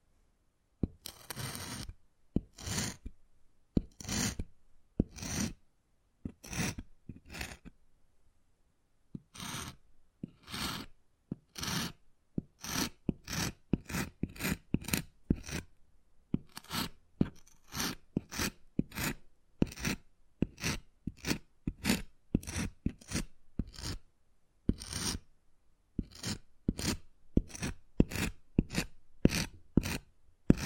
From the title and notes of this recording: Wood Carving, Tapping and Scratching Sounds.